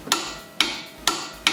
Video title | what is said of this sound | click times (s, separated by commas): FORD EDGE FRONT BRAKES TORQUE SPECS CALIPER AND MOUNT | it guys, you don't want to go more. Once you hear the click, this is it, and you stop immediately guys. | 1.5 s